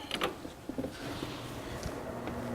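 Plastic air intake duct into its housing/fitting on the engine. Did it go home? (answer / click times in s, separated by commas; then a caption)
yes / 0.1 s, 0.2 s. On a 2011 3.5 FWD Ford Edge, after the plastic coolant drain valve is refitted, the plastic engine air intake duct is pushed back into its housing on the engine. Two sharp snaps land close together at 0.1 s and 0.2 s as the duct seats back into place, followed by quieter handling noise and a few softer knocks. The intake duct is seated.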